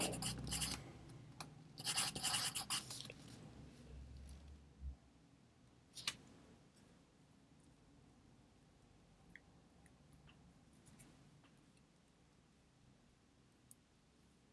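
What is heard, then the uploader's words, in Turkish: Pencil scratching in dense bursts during the first three seconds, then sparse sharp clicks and taps over a steady low hiss. Sessiz odada 30 dakika boyunca kurşun kalem ve bilgisayar ile ders çalışma; ortam sesleri, beyaz gürültü alt yapısı, kurşun kalem, klavye, mouse sesleri.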